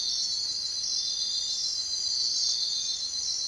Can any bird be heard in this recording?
no